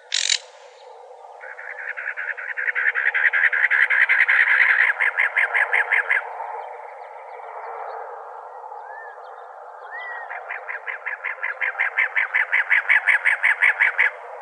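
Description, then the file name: Cactus wren, harsh grating notes in rapid chugging series, two long bursts separated by a quieter pause with faint soft chirps. "CACW 1 deviche"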